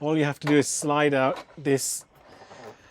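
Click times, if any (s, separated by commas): none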